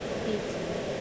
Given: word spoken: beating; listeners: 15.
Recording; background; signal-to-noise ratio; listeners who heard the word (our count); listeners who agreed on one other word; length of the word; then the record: one English word in noise, from a listening test; speech-shaped noise; -6.5 dB; 0 of 15; 6 of 15; 0.61 s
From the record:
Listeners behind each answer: 6, 2, 2, 1, 1, 1, 1, 1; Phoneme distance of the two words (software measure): 17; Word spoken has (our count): 2 syllables, 5 phonemes, stress on syllable 1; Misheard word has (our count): 2 syllables, 4 phonemes, stress on syllable 1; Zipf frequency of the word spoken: 4.31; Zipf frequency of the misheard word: 4.52